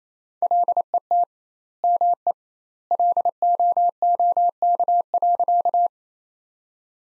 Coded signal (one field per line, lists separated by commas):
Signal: Morse code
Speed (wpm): 28 wpm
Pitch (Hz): 700 Hz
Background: none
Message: LET ME LOOK.